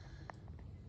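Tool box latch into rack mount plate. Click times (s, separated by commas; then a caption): 0.3 s. A Milwaukee Packout modular tool box, set on a rack mount on a Speed UTV and pushed straight back, has its spring lock drop into the mount's channels. A sharp click at 0.3 s marks the lock seating, followed by two fainter taps around 0.5 s and 0.6 s over a low background rumble. The tool box is locked in place.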